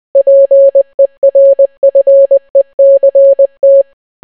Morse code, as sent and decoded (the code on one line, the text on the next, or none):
.--. . .-. ..-. . -.-. -
PERFECT